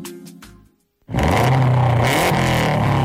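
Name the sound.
rally car engine revving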